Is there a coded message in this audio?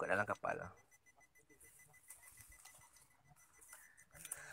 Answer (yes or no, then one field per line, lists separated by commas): no